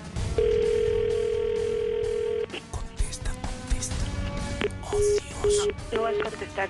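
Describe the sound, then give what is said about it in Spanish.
A phone line hums with a long steady tone, then short repeated ringback beeps sound at a regular pace as a repeated outgoing call to a mobile phone rings through, with people talking in the background. “Espérame, sigo insistiendo. A ver, creo que ya entró.”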